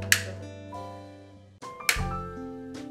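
A plastic rocker frame is pressed onto its body support at the connection points. Over steady background music, sharp clicks sound at 0.1 s and 1.9 s as the frame seats in place on the body support.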